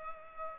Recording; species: mosquito wingbeat signal from an infrared sensor; Culex pipiens